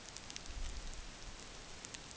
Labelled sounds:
none

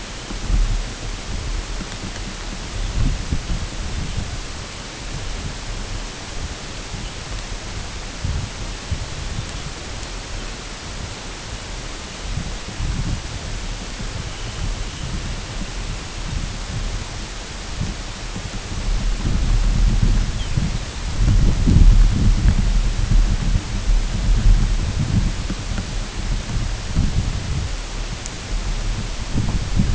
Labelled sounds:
unidentified sound
Dunlin

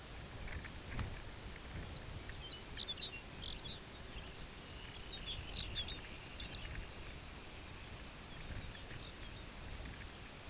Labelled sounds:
Lapland Longspur
Dunlin
unidentified sound

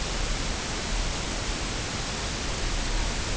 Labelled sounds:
none

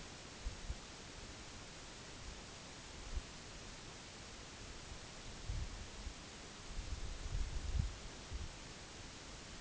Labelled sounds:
none

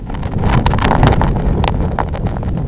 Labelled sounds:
none

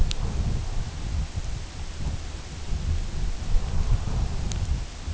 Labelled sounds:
none

